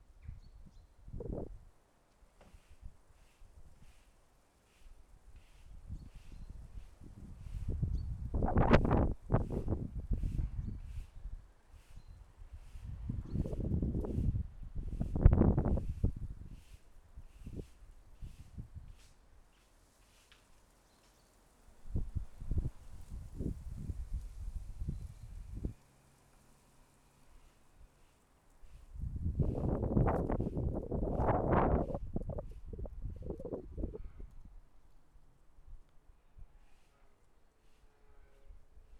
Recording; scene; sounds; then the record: everyday scene through a hearing-aid microphone; wind on the microphone; wind, other noises, traffic, birds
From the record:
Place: suburban garden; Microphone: behind the ear, left, rear